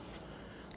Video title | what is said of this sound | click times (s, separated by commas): How to Replace Headlights 2006-2014 Honda Ridgeline | Little tab locks into place. | 0.7 s